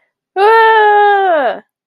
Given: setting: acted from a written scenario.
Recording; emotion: vocal sound without words; distress